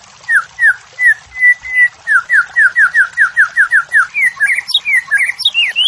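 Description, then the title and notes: White-rumped shama song: a steady, quick series of clear whistled notes, mostly slurred downward, before breaking into higher, varied twisting whistles. White-rumped shama morning song used as training and lure audio for captive songbirds, birds singing actively. "Pancingan Murai Batu Pagi Hari. Murai Batu Gacor"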